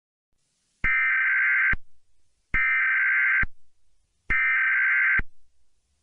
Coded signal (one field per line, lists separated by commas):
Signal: Emergency Alert System (SAME) tones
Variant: header bursts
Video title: EAS Scenario - Surreal Destruction -